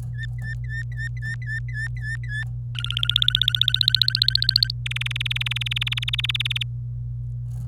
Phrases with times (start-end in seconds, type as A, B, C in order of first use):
0.14-2.44 A, 2.75-4.71 B, 4.86-6.63 C